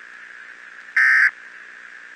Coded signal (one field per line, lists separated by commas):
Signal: Emergency Alert System (SAME) tones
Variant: end-of-message bursts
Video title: EAS Scenario Movie - "The Silent Invasion: The Shockwave"